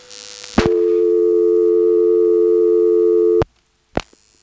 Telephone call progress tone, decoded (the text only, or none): dial tone